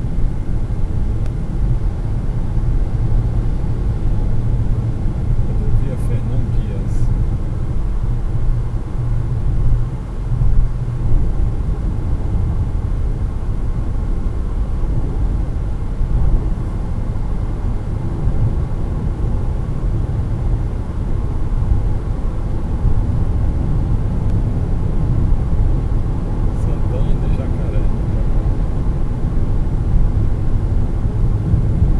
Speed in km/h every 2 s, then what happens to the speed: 112, 113, 114, 114, 115, 116, 120, 125, 129, 132, 135, 137, 138, 139, 139, 138.
0-10 steady at about 114. 10-23 speeds up to 138. 23-32 steady at about 138.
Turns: none.